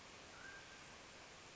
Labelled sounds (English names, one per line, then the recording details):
Mountain Quail
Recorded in Sonoma County, California